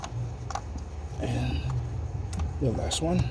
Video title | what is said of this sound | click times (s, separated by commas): 2015 Lincoln Navigator spark plugs and coil boots replacement | i'm gonna push it you're gonna hear the click once you hit a click and you push the lock | 0.0 s, 0.5 s